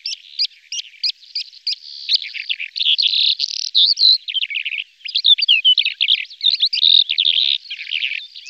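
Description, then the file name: Calandra lark singing: a few clipped opening notes, then a dense, rapid jumble of buzzy and chirping phrases continuing throughout. "kalandra-zpěvná"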